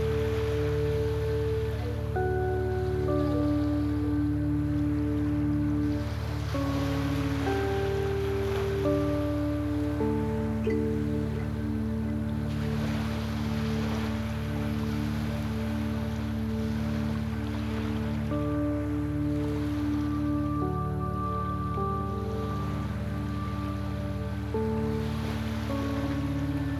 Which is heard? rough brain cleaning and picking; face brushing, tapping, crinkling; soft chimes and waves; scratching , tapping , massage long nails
soft chimes and waves